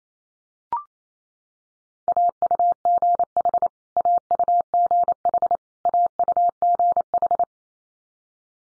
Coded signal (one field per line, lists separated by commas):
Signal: Morse code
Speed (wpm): 28 wpm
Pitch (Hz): 700 Hz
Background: none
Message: AUGH AUGH AUGH